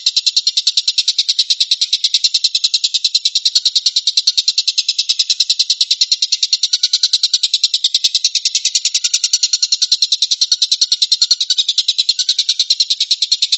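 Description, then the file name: Stork-billed kingfisher calling in a long, unbroken, harsh rattle of quick pulses, steady in pitch and loudness throughout. Tembakan, a rapid "shooting" call style. "suara tembakan tengkek buto"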